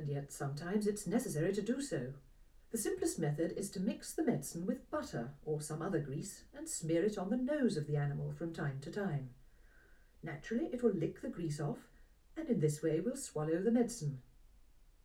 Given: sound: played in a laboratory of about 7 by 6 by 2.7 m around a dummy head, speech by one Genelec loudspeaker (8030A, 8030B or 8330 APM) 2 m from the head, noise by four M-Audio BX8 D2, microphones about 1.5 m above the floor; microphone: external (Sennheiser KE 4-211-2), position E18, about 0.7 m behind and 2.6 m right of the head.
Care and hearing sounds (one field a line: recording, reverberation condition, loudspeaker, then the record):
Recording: female speech in English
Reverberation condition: low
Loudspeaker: 60 degrees to the left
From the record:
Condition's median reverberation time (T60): about 310 ms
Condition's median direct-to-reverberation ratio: about 3.5 dB